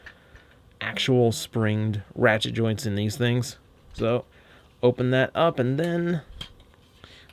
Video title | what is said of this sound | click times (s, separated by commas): Cyber Commander Bumblebee (Random Review) | flip the feet out like so. You'll find a nice little click in that'll hold those into place. | 6.4 s